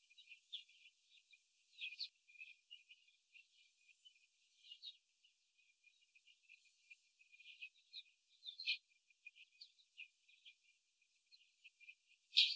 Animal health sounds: young laying hens in a cage, short pieces joined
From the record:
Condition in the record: after the stressor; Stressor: simulated dog barking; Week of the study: 3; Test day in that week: 2

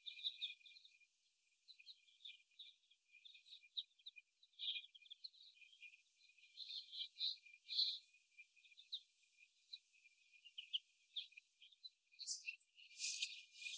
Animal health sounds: young laying hens in a cage, short pieces joined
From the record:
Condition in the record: before the stressor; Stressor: simulated dog barking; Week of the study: 1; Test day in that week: 1

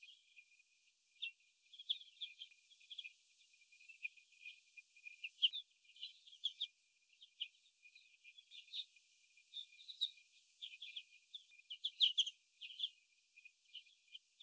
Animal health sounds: young laying hens in a cage, short pieces joined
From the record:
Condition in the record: before the stressor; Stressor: sudden umbrella opening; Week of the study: 2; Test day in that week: 1

